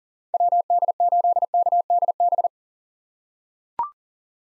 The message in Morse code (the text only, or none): WD8KDB